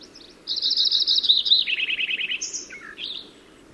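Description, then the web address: Lincoln's sparrow delivering a hurried song of a high rapid trill dropping to a lower rapid trill, followed by a few quick sharp notes. Recorded in California. "Lincoln's Sparrow Sounds Calif CLO"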